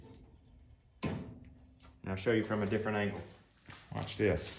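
The grill guard on a Kubota BX tractor is closed again as part of a rattle fix. Its button-head bolt latch drops into a milled dimple in the frame with a sharp click-clunk at 1.0 s, seating it. Someone then talks.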